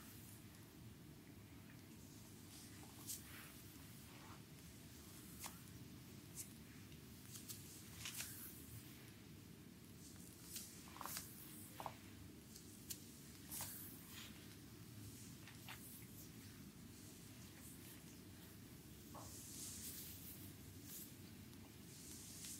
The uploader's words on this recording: ASMR Back and Shoulders massage on chair by Anna.